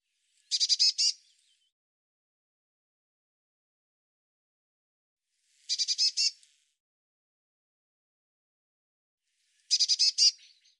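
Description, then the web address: Bird uttering three brief buzzy chatter bursts, several seconds apart, each a fast run of harsh high notes, silence between them. "cianscape birddata Deverinetal 2025 File cleaned normalized Bird Cy Ca"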